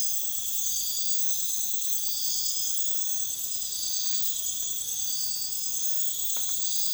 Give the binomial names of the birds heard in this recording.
none